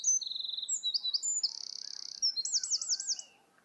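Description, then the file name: Eurasian wren song, a loud, rapid burst of high trills and buzzy rattles, ending in a run of looping, rolled notes before stopping abruptly. "gjerdesmett rambj ra"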